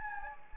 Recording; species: mosquito wingbeat signal from an infrared sensor; Anopheles gambiae